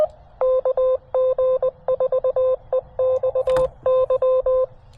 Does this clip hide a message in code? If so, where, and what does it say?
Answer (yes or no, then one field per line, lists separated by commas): yes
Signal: Morse code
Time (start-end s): 0.4-4.6 s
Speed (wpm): 20 wpm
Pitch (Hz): 520 Hz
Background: none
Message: KG4EXY